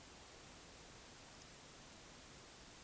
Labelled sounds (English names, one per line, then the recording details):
Eurasian Woodcock whistle
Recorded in Baden-Württemberg, Germany, on 20 May 2021 at 19:53 UTC
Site 24606, 635 m above sea level